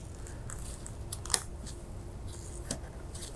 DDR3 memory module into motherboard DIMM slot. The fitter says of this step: and you want to hear those two clicks and that's letting you know that your tabs have come up and